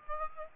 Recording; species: mosquito wingbeat signal from an infrared sensor; Aedes aegypti